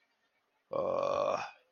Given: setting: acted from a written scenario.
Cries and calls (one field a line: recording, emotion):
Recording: vocal sound without words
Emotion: anger